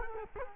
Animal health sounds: mosquito wingbeat signal from an infrared sensor; Culex quinquefasciatus

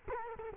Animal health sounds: mosquito wingbeat signal from an infrared sensor; Culex quinquefasciatus

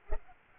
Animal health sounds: mosquito wingbeat signal from an infrared sensor; Culex pipiens

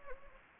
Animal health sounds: mosquito wingbeat signal from an infrared sensor; Anopheles gambiae

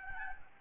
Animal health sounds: mosquito wingbeat signal from an infrared sensor; Aedes albopictus

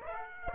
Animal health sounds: mosquito wingbeat signal from an infrared sensor; Aedes aegypti

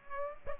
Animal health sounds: mosquito wingbeat signal from an infrared sensor; Aedes aegypti

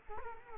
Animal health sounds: mosquito wingbeat signal from an infrared sensor; Culex quinquefasciatus

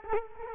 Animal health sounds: mosquito wingbeat signal from an infrared sensor; Culex quinquefasciatus

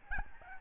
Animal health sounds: mosquito wingbeat signal from an infrared sensor; Aedes albopictus

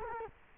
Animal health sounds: mosquito wingbeat signal from an infrared sensor; Culex quinquefasciatus

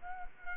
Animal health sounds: mosquito wingbeat signal from an infrared sensor; Culex quinquefasciatus

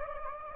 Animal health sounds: mosquito wingbeat signal from an infrared sensor; Anopheles gambiae

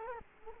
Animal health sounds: mosquito wingbeat signal from an infrared sensor; Culex quinquefasciatus

